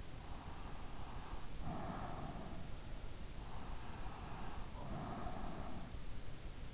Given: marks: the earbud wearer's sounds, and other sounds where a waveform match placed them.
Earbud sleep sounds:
sounds in sleep by an in-ear microphone; breath
0.28-2.78 s: breath
3.52-6.13 s: breath

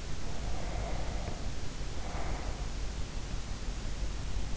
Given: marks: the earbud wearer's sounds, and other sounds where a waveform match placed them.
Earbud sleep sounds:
sounds in sleep by an in-ear microphone; breath
0.15-3.08 s: breath

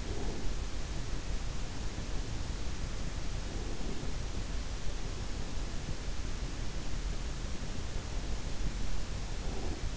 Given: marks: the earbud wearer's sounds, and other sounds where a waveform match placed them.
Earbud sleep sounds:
sounds in sleep by an in-ear microphone; breath
0.00-0.50 s: breath
3.47-4.29 s: breath
9.43-9.76 s: breath

